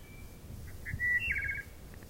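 Wood thrush song: a single fluted phrase with soft introductory notes, a clear whistle, then a rapid trilled flourish, over low background rumble.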